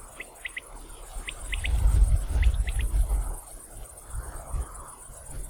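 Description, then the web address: Common quail song, three short triple-note phrases in the first three seconds, fairly faint, with a heavy low rumble and a constant high hiss beneath. 15 July 2016. "fagelljud 20160715 vaktel"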